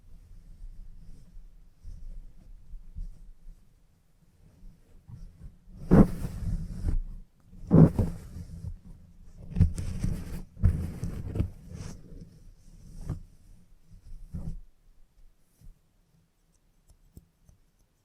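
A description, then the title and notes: A head massage during a salon haircut, with low muffled rubbing and thumping that pulses unevenly for about fourteen seconds. Brighter scraping bursts cut in around six and eight seconds, then cluster between nine and thirteen, before the sound drops to near silence. Salon Haircut Head Massage, Scissors and Clipper.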